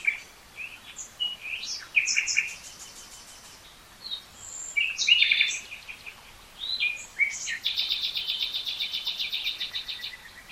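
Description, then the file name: Common nightingale song, scattered whistles and chirps, then a long fast buzzing trill near the end, over light background hiss. "Luscinia megarhynchos"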